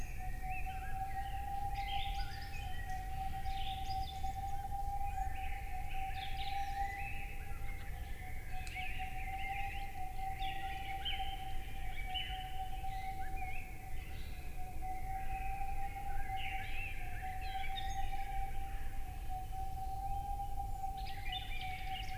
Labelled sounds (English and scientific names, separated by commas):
Boreal Owl (Aegolius funereus)